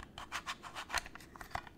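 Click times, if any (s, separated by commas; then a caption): none. A plastic phone-clamp mount is handled and slid against a Choetech Qi wireless charging stand, giving a series of short scraping, rubbing plastic sounds with small sharp ticks around 0.2, 1.0 and 1.6 seconds. The mount has not yet seated or locked into the stand.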